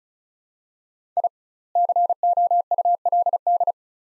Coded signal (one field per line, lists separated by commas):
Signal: Morse code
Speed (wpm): 36 wpm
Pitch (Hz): 700 Hz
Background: none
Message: I COULD